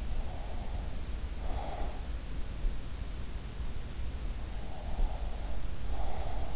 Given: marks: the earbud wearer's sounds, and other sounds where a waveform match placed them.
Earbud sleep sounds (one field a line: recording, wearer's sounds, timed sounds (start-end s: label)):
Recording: sounds in sleep by an in-ear microphone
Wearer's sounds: breath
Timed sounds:
0.28-2.00 s: breath
4.76-6.56 s: breath